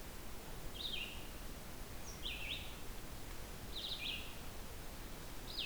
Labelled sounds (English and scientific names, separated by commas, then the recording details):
Red-eyed Vireo (Vireo olivaceus) song
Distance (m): 45 m
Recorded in boreal forest in Alberta, Canada, on 16 June 2016 at 08:30
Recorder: SongMeter 3, array SBT-3-32
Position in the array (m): 47 m, 12 m